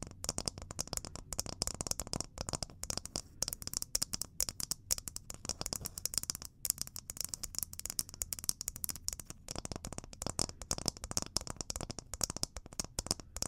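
Dense, rapid tapping runs without pause, bright crisp clicks over a soft low rumble, with brief gaps and a steady, busy rhythm throughout.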